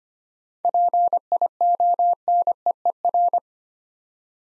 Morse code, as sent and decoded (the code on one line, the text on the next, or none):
.--. .. --- -. . . .-.
PIONEER